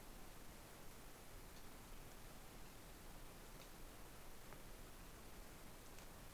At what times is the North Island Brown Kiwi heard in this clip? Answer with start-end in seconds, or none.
none